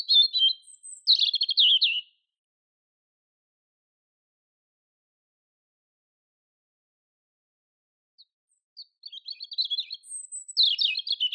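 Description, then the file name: European robin song in two bursts of fast, high, scratchy twittering separated by a long quiet gap. "Erithacus rubecula"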